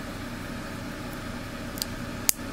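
A plastic part of an MG Gundam AGE-1 model kit, turned with its notch to the right, is pressed onto the kit assembly over a steady low background hum. Two short, sharp plastic clicks ring out at 1.8 s and 2.3 s, the second louder. The part snaps home and is seated.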